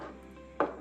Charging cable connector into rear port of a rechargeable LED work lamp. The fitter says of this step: il faut juste trouver l'ergo voilà vous tournez sé clipsé